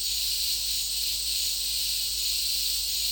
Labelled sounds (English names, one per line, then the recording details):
none
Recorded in dense forest near Puerto Asís, Putumayo, Colombia, on 22 December 2024 at 10:00
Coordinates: 0.485, -76.318
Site GP03